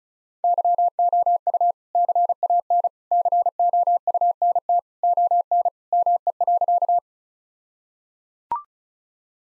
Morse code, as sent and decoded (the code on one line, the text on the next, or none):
-.-- --- ..- / -.-. .- -. / -.-. --- ..- -. - / --- -. / -- . .-.-.-
YOU CAN COUNT ON ME.